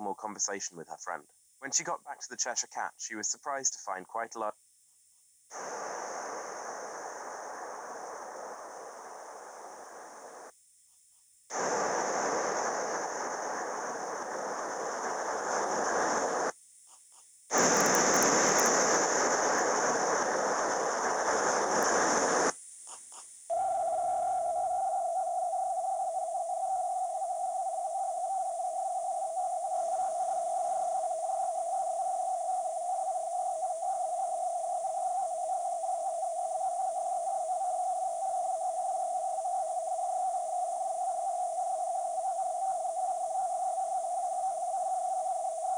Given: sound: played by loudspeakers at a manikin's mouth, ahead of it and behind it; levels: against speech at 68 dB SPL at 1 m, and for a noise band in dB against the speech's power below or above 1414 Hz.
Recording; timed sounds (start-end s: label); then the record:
test signals for a remote microphone
0.00-4.49 s: man speaking
5.49-10.49 s: speech-spectrum noise, -10 dB
11.49-16.49 s: speech-spectrum noise, 0 dB
17.49-22.49 s: speech-spectrum noise, +10 dB
23.49-45.78 s: noise band at 707 Hz, as loud as that band is in speech
From the record:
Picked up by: remote microphone C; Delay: 23 ms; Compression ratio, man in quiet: 1.79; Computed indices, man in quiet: SII 0.993, HASPI 0.992, HASQI 0.254 (non-linear 0.305, linear 0.832), ESTOI 0.734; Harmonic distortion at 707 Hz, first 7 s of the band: under -32 dB